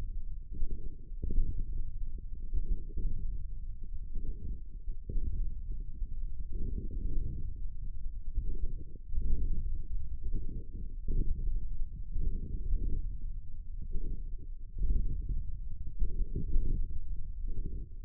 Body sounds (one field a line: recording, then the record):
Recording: forearm muscle sounds (acoustic myography)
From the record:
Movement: radial deviation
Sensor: system 1, eight BSWA MPA416 microphones around the upper forearm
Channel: 5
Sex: male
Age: 54 years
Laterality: right